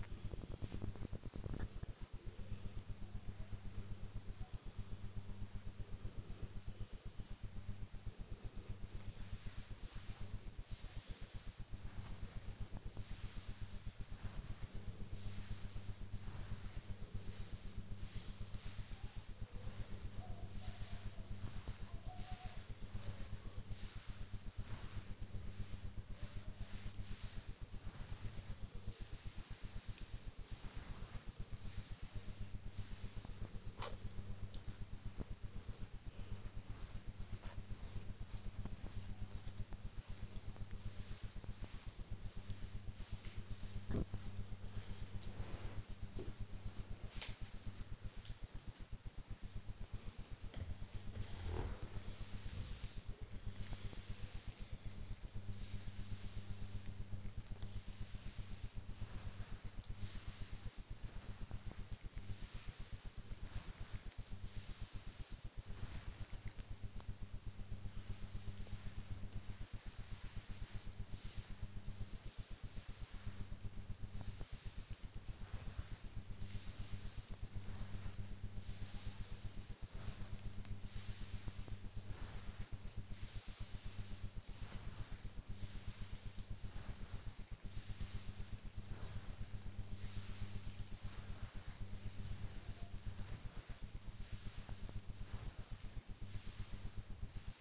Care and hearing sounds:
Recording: household activities, microphone on the right wrist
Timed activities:
0.00-97.61 s: petting the dog

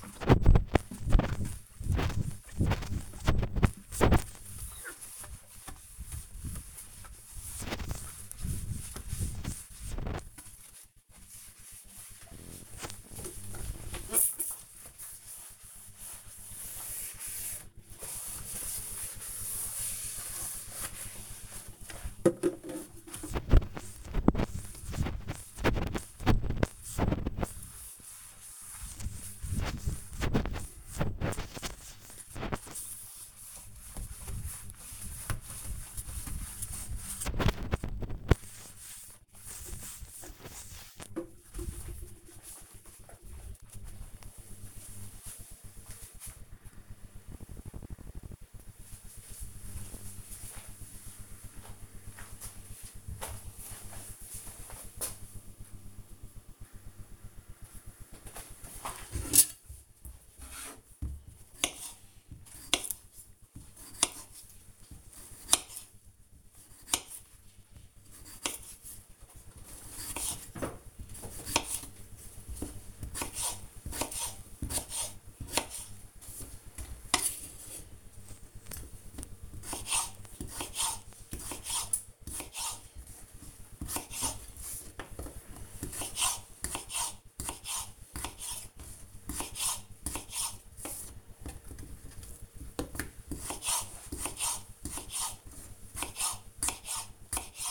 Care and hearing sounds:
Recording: household activities, microphone on the right wrist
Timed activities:
0.00-41.99 s: window cleaning
58.12-97.71 s: cutting vegetables

